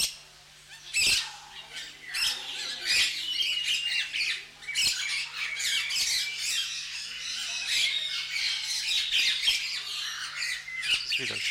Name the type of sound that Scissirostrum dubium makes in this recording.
call